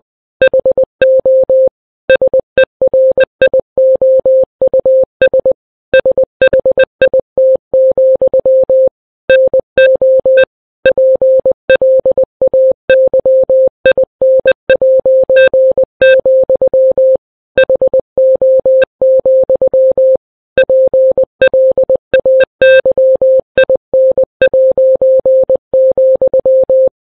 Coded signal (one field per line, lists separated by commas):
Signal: Morse code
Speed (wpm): 20 wpm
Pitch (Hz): 520 Hz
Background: none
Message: HO SERIOUS SHIT, NO PLAYIN', HO, PLAYIN',